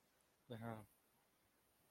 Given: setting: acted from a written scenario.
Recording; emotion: vocal sound without words; shame